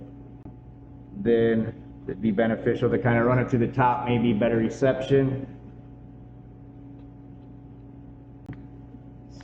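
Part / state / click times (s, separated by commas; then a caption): helmet liner press-stud snap into the helmet shell / seated / 8.5 s, 9.4 s. A fabric helmet liner is pressed back onto its press-stud snaps in the helmet shell after a Cardo Freecom 2X headset speaker wire has been routed. Someone talks over a steady low hum from about 1.2 to 5.5 s, then two short sharp clicks are heard at 8.5 s and 9.4 s as the liner snap seats back in.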